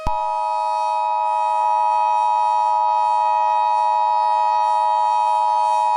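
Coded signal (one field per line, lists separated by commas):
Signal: Emergency Alert System (SAME) tones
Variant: 853 and 960 Hz attention tone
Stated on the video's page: Fictional EAS scenario depicting an EF5 tornado in Youngstown.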